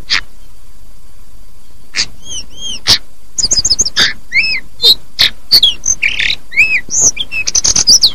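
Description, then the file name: Hill blue flycatcher song starting sparse after a quiet gap, then quickening into repeated arched whistles, sharp ticks and a short buzzy phrase. "tledekan atau sulingan"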